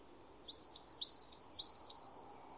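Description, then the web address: Bird calls, a quick series of sharp, rising and falling high chirps. "cianscape birddata Deverinetal 2025"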